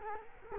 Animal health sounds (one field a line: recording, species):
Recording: mosquito wingbeat signal from an infrared sensor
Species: Culex quinquefasciatus